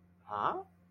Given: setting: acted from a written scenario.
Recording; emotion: vocal sound without words; confusion